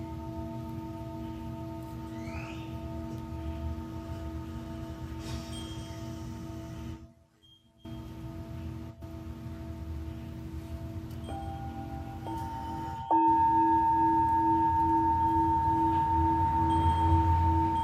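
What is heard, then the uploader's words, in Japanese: A singing bowl rings with steady, overlapping tones: a low hum under several clear sustained pitches. Around seven seconds the sound drops almost to silence, then resumes, and from about thirteen seconds a brighter, louder ringing tone enters and holds to the end. 真夜中のシンギングボウルのサウンドヒーリング。チベタンシンギングボウルボウル。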